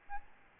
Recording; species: mosquito wingbeat signal from an infrared sensor; Aedes albopictus